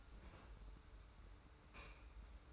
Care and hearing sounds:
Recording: daily activity, microphone in the room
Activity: open fridge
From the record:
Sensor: 2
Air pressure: 990.8 hPa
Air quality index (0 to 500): 123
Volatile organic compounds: 98 ppm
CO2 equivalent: 3741 ppm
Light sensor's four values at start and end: 26/61/25/25 and 26/61/25/24

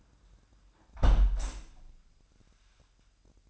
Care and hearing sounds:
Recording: daily activity, microphone in the room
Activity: close window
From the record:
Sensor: 2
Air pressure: 998.4 hPa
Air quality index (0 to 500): 142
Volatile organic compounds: 4 ppm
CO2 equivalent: 1617 ppm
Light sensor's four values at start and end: 8/20/8/9 and 8/19/8/9

